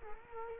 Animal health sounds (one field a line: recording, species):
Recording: mosquito wingbeat signal from an infrared sensor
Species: Culex quinquefasciatus